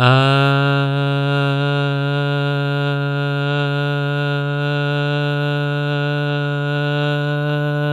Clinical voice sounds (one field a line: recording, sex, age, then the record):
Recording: sustained vowel /a/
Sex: male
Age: 30 to 39 years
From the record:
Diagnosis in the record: healthy control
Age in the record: 34 years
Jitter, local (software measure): 0.16%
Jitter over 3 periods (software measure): 0.09%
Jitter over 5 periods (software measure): 0.11%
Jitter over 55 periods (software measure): 0.38%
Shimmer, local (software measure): 2.6%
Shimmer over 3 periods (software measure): 1.4%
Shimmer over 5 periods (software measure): 1.6%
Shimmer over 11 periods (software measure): 2.0%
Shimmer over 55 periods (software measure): 4.6%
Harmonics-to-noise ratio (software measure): 19.4 dB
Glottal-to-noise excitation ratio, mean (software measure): 0.97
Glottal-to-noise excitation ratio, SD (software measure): 0.008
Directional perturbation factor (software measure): 63.4%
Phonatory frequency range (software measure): 0.26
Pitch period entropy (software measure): 0.19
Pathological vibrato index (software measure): 0.24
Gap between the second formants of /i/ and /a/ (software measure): 1293 Hz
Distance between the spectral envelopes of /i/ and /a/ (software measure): 8.5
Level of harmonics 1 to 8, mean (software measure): -7.1, -15.9, -16.1, -16.7, -22.2, -28.0, -26.1, -30.0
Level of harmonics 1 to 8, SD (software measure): 1.4, 1.7, 1.4, 1.6, 3.2, 3.7, 2.1, 3.6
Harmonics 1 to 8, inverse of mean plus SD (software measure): 0.116, 0.057, 0.057, 0.054, 0.039, 0.031, 0.035, 0.030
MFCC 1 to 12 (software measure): -5.3, 2.0, -6.2, 5.2, -8.9, -3.8, 12.6, -10.2, -7.8, 3.5, -9.3, -4.2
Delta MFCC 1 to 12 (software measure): 0.002, 0.002, 0.000, -0.011, -0.003, -0.002, -0.002, 0.002, 0.001, -0.003, -0.007, -0.004